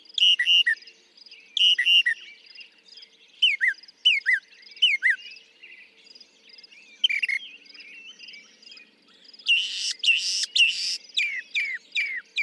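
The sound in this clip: Northern mockingbird song, varied phrases with repeated paired notes and falling whistles, and a harsh, noisy burst near the end.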